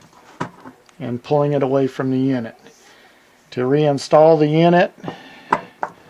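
Someone talks while handling a main control harness connector that is to be pushed onto the unit until it snaps, with its nut then turned tight. Brief sharp handling sounds occur around 0.4, 0.9, 5.5 and 5.8 seconds. The connector has not seated or snapped in yet.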